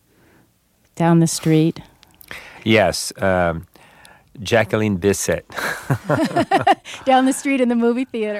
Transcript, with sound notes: down the street?
Yes, Jacqueline Bisset.
(LAUGHTER)
Down the street in the movie theater.